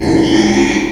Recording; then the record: squeal of a Yucatan mini pig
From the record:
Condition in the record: after surgery on the right vocal fold (resection and tissue-engineered implant); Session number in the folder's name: 2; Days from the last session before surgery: 13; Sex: male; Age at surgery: 12 weeks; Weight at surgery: 13 kg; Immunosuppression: cyclosporine, prednisolone